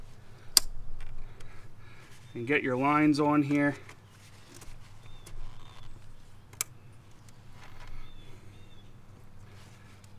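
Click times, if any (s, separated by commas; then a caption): 0.6 s. During a fuel filter change on a 6.7 Powerstroke diesel engine, the fuel filter element is pushed into its filter housing and seats with a sharp, loud click at 0.6 s. Someone then talks, and another sharp click is heard at 6.6 s amid quiet handling noise.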